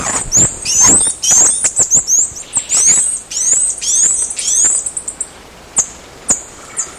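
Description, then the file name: Bird calls: rapid high, thin chirps and downslurred whistles in dense overlapping bursts, tapering into sparse single notes near the end. "SABIOD 50 bird 2015"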